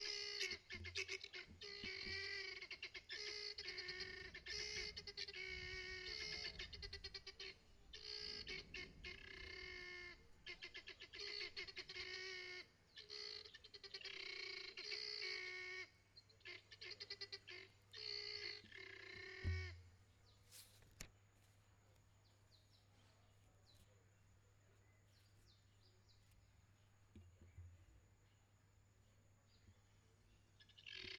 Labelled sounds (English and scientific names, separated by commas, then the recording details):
Helmeted Guineafowl (Numida meleagris)
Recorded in northern Uganda